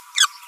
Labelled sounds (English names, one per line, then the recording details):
Green-rumped Parrotlet babbling
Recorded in a nest box in Venezuela
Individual 18B25A4